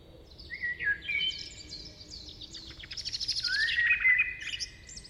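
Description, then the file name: Common blackbird, rich warbled notes flowing into a busy twittering passage, the phrase building in the middle then easing off, with faint background hiss. "Turdus merula"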